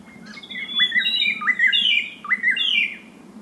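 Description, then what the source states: White-browed robin-chat singing rich whistled phrases that slur downward and then rise, several overlapping phrases in quick succession over a low steady hum. Okavango Panhandle, 14 August 2015, 6:36 AM; song always different and seemingly coming from everywhere at once; mic placed outside a tent; Sound Devices 702 recorder with Sennheiser 418 stereo mic.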